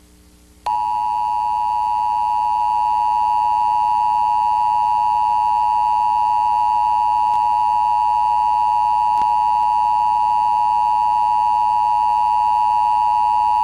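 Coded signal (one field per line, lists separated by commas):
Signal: Emergency Alert System (SAME) tones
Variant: 853 and 960 Hz attention tone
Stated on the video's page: Emergency broadcast system tests.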